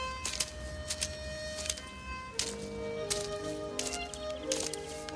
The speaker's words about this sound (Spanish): Pisando las hojas secas que cubren la entrada, Frank avanza hacia su casa.